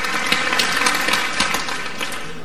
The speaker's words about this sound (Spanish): Estamos hablando, ahí estamos escuchando precisamente los aplausos.